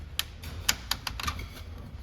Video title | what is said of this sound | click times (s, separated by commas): 2022 Forest River RPOD 192. Stock# 13313 | right beside that we've got your sewer system itself so that cap there if you just kind of press on it and give it a turn pop | 0.2 s